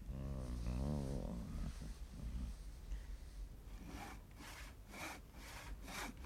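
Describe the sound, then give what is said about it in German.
A hand saw rasps through a wooden post, the first of four posts holding up a raised structure, in steady back-and-forth strokes, about five bright scraping bursts in an even rhythm, after a low, wavering groan-like rumble and softer scuffing at the start. “Er schlängelt sich wie ein Aal zum 1. Pfosten, setzt die Säge an.”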